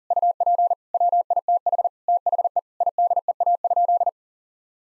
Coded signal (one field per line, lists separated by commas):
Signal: Morse code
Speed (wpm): 40 wpm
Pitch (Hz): 700 Hz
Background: none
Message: UP WITH THE IDEA?